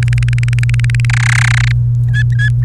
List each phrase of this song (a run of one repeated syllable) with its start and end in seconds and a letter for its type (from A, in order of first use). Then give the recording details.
0.03-1.05 A, 1.09-1.72 B, 2.08-2.49 C. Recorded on 28 April 2018 at 17:23. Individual llb3